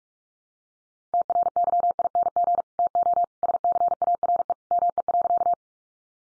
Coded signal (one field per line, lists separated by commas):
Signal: Morse code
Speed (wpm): 44 wpm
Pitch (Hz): 700 Hz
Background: none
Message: TRYING TO SCARE ME.